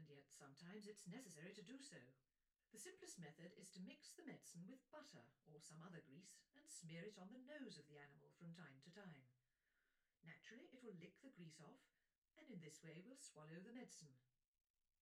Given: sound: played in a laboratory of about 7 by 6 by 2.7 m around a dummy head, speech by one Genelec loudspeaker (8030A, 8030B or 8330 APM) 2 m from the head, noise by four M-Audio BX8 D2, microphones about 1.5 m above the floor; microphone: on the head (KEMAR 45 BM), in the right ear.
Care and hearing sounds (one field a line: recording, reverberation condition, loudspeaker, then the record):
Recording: female speech in English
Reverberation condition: low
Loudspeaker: 150 degrees to the left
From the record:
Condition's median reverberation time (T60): about 310 ms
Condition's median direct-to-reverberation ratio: about 3.5 dB